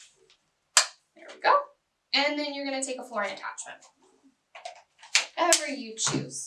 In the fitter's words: click in place and